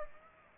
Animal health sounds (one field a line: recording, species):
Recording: mosquito wingbeat signal from an infrared sensor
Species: Aedes aegypti